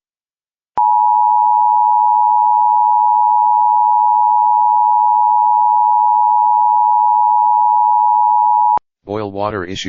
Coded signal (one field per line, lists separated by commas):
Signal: Emergency Alert System (SAME) tones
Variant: 853 and 960 Hz attention tone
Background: speech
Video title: EAS #905 Local Area Emergency from 5-19-26